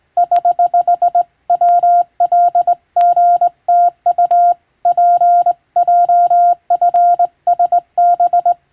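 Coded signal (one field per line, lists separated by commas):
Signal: Morse code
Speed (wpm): 20 wpm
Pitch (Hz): 700 Hz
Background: none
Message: <HH> WLGTU PJFSB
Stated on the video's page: Morse code reception practice recalling ship-to-coast-station radiotelegraph traffic, using a telegram sending practice book.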